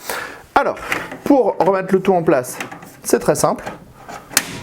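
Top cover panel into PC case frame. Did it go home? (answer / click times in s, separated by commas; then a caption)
yes / 4.4 s. Someone talks while refitting the removable top cover panel onto the frame of a Cooler Master MasterCase Pro 6 PC case. A softer knock at about 4.1 s is followed by a sharp click at 4.4 s as the panel clips into place.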